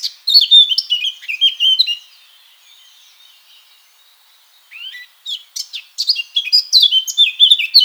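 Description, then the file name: Eurasian blackcap song, two bursts of quick scratchy warbling with bright slurred notes, a quiet pause of about three seconds between them. "Sylvia atricapilla"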